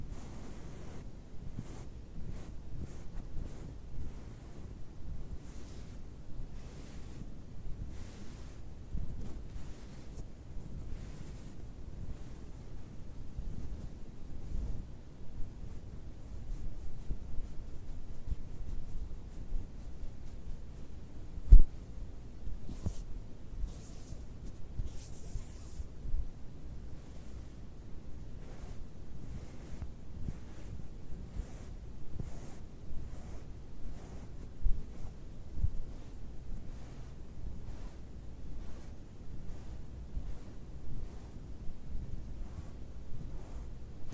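Soft fabric rubbing in quick, faint brushing strokes over a steady low rumble, with one sharp tap around twenty-one seconds.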